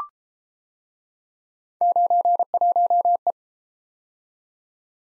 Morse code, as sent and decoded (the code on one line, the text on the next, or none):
----. .---- .
91E